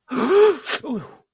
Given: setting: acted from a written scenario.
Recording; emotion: vocal sound without words; pain